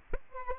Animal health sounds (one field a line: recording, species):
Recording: mosquito wingbeat signal from an infrared sensor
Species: Aedes aegypti